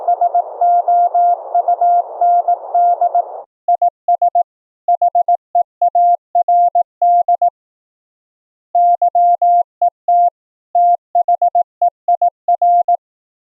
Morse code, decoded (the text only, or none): SOUND IS HEARD YET THEIR